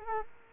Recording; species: mosquito wingbeat signal from an infrared sensor; Culex quinquefasciatus